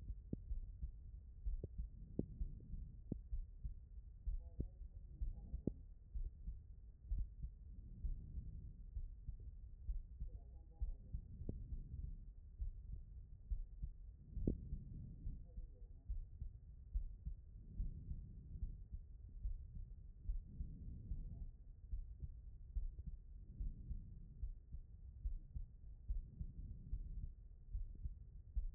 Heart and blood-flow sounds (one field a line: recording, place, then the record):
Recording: heart sounds by stethoscope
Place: pulmonary valve (PV)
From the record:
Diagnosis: non-HFrEF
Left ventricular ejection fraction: 60%